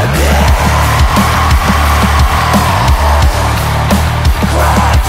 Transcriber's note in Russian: аплодисменты